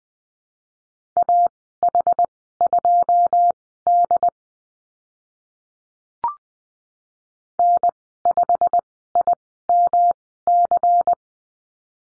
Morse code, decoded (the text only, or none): AH2D N5IMC